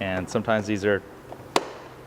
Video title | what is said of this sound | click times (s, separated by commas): Add Running Lights to Your Genuine Buddy Scooter | see it snap right in there you want to make sure it's flush all the way around | 1.6 s